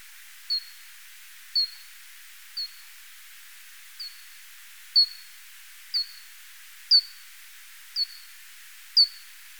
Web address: Pipistrellus abramus